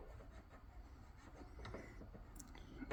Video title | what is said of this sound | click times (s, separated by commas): Rebuilding a Butler Chem pump. | It's not clicking. | none